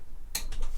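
A click-type torque wrench tightens a cylinder head bolt on a 150cc motorcycle engine top end, with the bolts done in a criss-cross pattern to 16 foot-pounds. A sharp, bright click lands at 0.4 s, and a fainter follow-up tick comes at about 0.5 s. The wrench has clicked at its setting, confirming the bolt is torqued.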